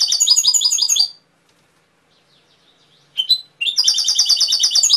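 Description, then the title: Canary singing a quick repeated trill, pausing for two seconds, giving a short note, then resuming with a fast rolling phrase. Canary training (masteran) song with full fill-in (isian) phrases. "mster Mnuk. Masteran Kenari Full Isian"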